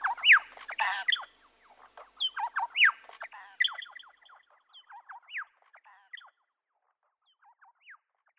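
Birds chattering with sharp downslurred chirps and a rasping burst early on, the calling thinning out to a few scattered whistles.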